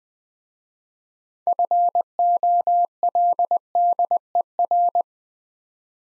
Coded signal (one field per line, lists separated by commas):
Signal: Morse code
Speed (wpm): 20 wpm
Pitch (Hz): 700 Hz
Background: none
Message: FOLDER